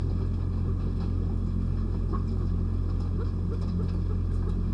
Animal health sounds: poultry house recording; sick chickens (respiratory disease)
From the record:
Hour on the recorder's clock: 20

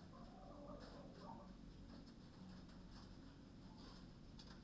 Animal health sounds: poultry house recording; healthy chickens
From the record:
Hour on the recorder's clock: 20

